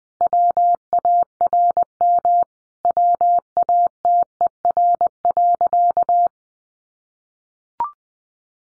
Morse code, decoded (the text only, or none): WARM WATER.